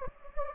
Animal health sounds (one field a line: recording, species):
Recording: mosquito wingbeat signal from an infrared sensor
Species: Anopheles gambiae